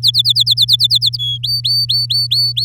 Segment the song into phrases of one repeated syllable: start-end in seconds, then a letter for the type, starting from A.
0.02-1.17 A, 1.19-1.38 B, 1.43-2.65 C